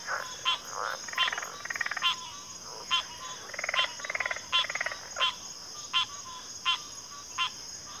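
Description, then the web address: Crickets trilling steadily on a constant high note while sharp rasping notes recur about every second, with several short pulsed rattles in between. Cricket chorus recorded at a backwater. "Natures Songs Sleep Sounds of Nature CRICKETS Backwater Chorus"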